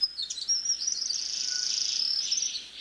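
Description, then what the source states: Forest double-collared sunbird song, a very high rapid twittering run of thin notes, fast and continuous for almost three seconds. Two populations on isolated eastern African mountaintops, sky islands, separated at least 500,000 years ago, still have nearly identical songs.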